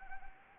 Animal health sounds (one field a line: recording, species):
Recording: mosquito wingbeat signal from an infrared sensor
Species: Anopheles arabiensis